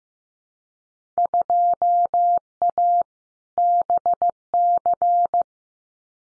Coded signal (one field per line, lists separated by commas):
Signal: Morse code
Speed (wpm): 15 wpm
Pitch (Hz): 700 Hz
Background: none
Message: 2A BC